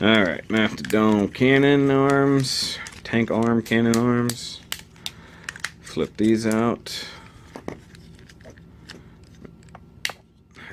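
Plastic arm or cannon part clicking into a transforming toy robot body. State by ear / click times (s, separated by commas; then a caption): seated / 10.1 s. Someone talks while handling a plastic transforming combining-robot toy, flipping and fitting a part around its cannon or tank arms. Several sharp plastic clicks and taps follow, ending in a distinct click at 10.1 s as the arm or cannon part seats into the robot body. The final click is only borderline sturdy.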